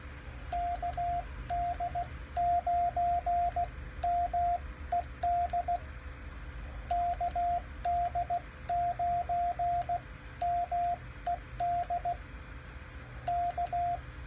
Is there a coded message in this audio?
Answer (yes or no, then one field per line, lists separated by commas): yes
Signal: Morse code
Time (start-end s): 0.5-14.0 s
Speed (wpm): 16 wpm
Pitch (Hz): 700 Hz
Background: radio noise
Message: KD9MED KD9MED K